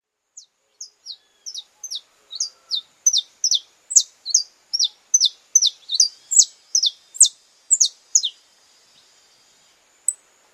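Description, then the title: Belgian canary song: a quick run of high, sharply descending notes, swelling louder through the middle, then a single late note. "Canto Do Canário Belga Puro"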